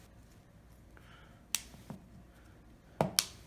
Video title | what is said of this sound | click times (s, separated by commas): Samsung Galaxy S4 Rear Camera Replacement Fix | And just go ahead and start snapping it back down. | 1.6 s, 3.0 s, 3.2 s